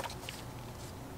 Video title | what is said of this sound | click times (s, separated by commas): Mercedes-Benz C43 AMG RaceChip Tuning Installation - GLC 43 - GLE 43 - C450 | wait till it clicks and locked all snaps with | 0.3 s